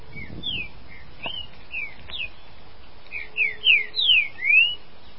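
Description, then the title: Green-winged saltator singing: scattered quiet whistles, then a strong sequence of four slurred whistled notes, descending sweeps closing with a rising one. "Trinca Ferro"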